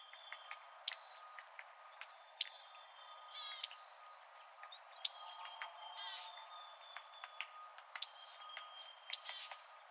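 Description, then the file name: Great tit song: high, thin phrases of a sharp note sliding down, repeated every one to three seconds, with a faint steady tone underneath. "Parus major"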